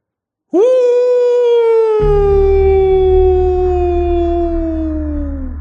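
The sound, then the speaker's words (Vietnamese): A young man sitting in a yard at sunset lets out a single long howl that starts abruptly and holds a steady, slightly falling pitch for about five seconds, loud and sustained, with a low rumbling drone joining underneath partway through. “Bỗng chừng nó hú lên một tiếng dài, khiến cho bà Luân đang lúi húi trong bếp giật mình kinh sợ, đánh rơi cả cái giá.”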